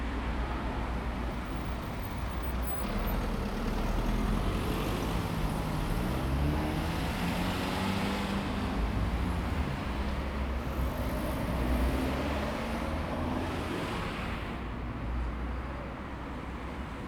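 Ordinary cars pass by outside a house, heard as a steady, dense rumble of road noise with a low hum underneath. A few passes swell slightly louder around the middle and near twelve seconds, then the sound eases off toward the end.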